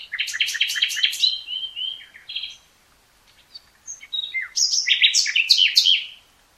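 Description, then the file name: Common nightingale song opening with a rapid series of sharp repeated notes, long whistled notes, a pause, then another loud burst of varied chirps. "Luscinia megarhynchos"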